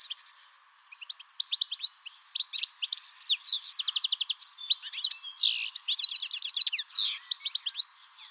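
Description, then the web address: Bird song with rapid, sharp, high-pitched notes, a brief pause after the first second, then a long continuous twitter including buzzy trilled stretches. "Deverinetal"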